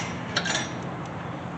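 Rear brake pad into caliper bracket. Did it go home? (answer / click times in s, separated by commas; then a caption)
yes / 0.4 s. A rear brake pad with a metal backing plate is slid into the grooves of the caliper bracket on a 2009 BMW 328i and pushed until it pops into place. A short, sharp metallic clink sounds at 0.4 s, followed by a few fainter clinks over a steady low background hiss. The pad seats in the bracket groove.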